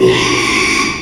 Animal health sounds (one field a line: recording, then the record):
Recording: squeal of a Yucatan mini pig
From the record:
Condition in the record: after surgery on the right vocal fold (resection and tissue-engineered implant)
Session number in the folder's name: 1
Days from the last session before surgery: 6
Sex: male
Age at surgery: 12 weeks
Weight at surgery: 13 kg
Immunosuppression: cyclosporine, prednisolone